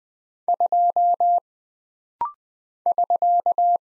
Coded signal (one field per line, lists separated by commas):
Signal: Morse code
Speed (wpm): 20 wpm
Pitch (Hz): 700 Hz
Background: none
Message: 2 <SK>